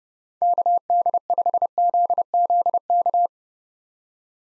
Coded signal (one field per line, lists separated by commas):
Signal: Morse code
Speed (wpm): 30 wpm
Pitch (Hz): 700 Hz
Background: none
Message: KD5ZZK